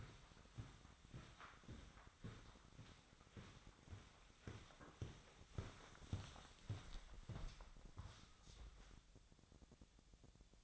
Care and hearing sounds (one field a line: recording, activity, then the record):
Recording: daily activity, microphone in the room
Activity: walk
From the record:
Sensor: 3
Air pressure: 1009.3 hPa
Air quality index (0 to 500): 192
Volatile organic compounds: 4 ppm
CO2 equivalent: 1556 ppm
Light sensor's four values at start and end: 57/147/65/67 and 57/148/65/67